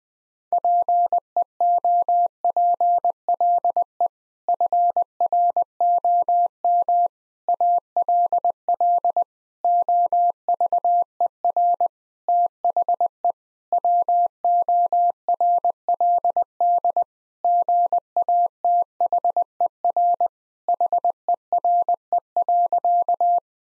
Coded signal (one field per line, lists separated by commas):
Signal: Morse code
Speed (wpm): 21 wpm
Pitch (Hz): 700 Hz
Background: none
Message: PEOPLE FROM ALL OVER THE WORLD GATHER HERE.